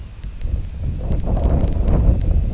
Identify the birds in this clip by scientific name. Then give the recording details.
none. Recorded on Arctic tundra, site IGLO-D, on 19 June 2018. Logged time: 22:00